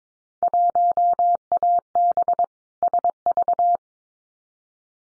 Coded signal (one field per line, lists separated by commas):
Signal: Morse code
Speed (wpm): 22 wpm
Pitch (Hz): 700 Hz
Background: none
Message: 1AB SV